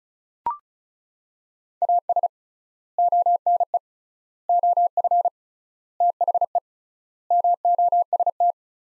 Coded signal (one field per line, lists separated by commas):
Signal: Morse code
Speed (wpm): 36 wpm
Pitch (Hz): 700 Hz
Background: none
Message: AS ONE OF THE MOST